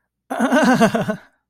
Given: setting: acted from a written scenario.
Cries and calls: vocal sound without words; pain

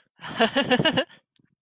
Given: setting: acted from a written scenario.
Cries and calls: vocal sound without words; amusement

